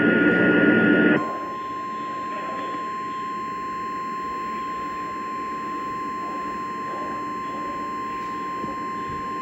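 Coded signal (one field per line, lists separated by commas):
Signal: Emergency Alert System (SAME) tones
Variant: 853 and 960 Hz attention tone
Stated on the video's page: Alert tones from a particularly dangerous situation tornado watch.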